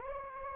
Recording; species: mosquito wingbeat signal from an infrared sensor; Anopheles arabiensis